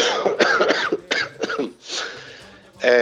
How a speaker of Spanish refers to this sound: Perdón por la tos.